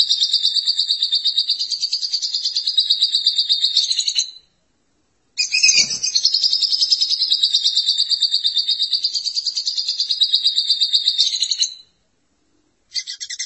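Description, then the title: Lovebird song: long, buzzy runs of rapid high chattering, each lasting several seconds, separated by brief pauses, with a single soft knock midway. "Suara Burung Lovebird"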